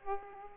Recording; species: mosquito wingbeat signal from an infrared sensor; Aedes aegypti